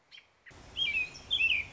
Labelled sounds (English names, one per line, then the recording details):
American Robin
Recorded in Sonoma County, California